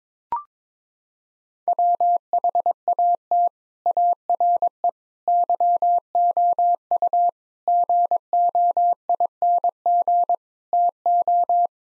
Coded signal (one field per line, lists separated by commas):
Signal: Morse code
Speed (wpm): 21 wpm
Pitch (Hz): 700 Hz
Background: none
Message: WHAT ARE YOU GOING TO